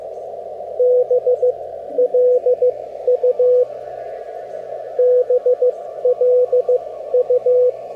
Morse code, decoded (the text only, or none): BLU BLU